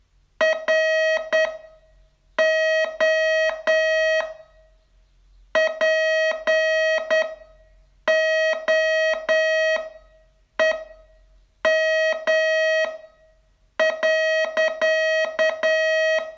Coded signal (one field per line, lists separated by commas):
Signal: Morse code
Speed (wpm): 9 wpm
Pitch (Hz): 640 Hz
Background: none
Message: ROPOEM.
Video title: Learn Morse in 42 Days from VU2LAU - day 27